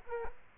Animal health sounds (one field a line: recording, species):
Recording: mosquito wingbeat signal from an infrared sensor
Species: Culex quinquefasciatus